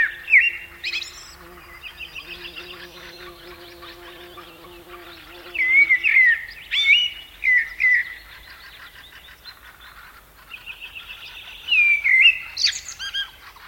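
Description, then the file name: Common blackbird song phrases, mellow whistles followed by thin high twitters, one at the start and two more in the second half, over a busy chorus of other birds and a low hum. "Turdus merula"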